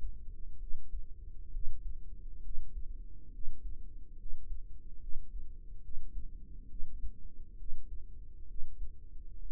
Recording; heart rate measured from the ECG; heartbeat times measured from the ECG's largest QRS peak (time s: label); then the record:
heart sounds by microphone in the right ear; 68 bpm
0.57 s: heartbeat
1.49 s: heartbeat
2.40 s: heartbeat
3.29 s: heartbeat
4.15 s: heartbeat
4.98 s: heartbeat
5.80 s: heartbeat
6.66 s: heartbeat
7.55 s: heartbeat
8.45 s: heartbeat
9.36 s: heartbeat
From the record:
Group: healthy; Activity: rest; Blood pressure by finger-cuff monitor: 120/61 mmHg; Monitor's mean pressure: 77 mmHg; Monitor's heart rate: 68 bpm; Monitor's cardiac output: 5.9 L/min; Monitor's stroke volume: 85 mL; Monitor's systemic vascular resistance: 950 dyn s/cm5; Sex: female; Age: 32 years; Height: 168 cm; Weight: 61.9 kg